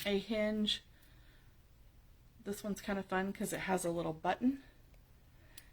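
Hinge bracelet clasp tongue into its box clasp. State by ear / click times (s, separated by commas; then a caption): seated / 5.6 s. Someone talks while closing a hinged hematite bracelet with gold accents, crystals and a push-button clasp. At 5.6 s, the clasp tongue snaps shut into its box clasp with a small metallic tick.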